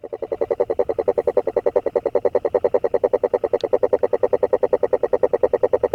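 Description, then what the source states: Frog calling in a steady, rapid pulsed trill of evenly spaced pulses with a strong mid-pitched tone, continuing unbroken throughout. Recorded on 25 January 2022.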